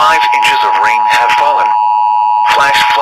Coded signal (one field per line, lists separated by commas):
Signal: Emergency Alert System (SAME) tones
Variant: 853 and 960 Hz attention tone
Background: speech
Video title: EAS scenario Derecho storm